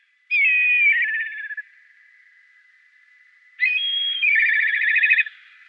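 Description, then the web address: Black kite with two whinnying calls, a high whistle sliding into a rapid wavering trill, separated by about two seconds and a faint steady background tone. "Schulze Peter Black Kite"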